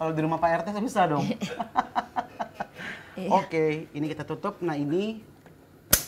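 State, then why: Seated. Someone talks while a metal pressure cooker lid is closed onto the cooker pot and turned until it locks. A single sharp click at 5.9 s confirms the lid has seated shut.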